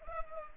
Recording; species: mosquito wingbeat signal from an infrared sensor; Culex pipiens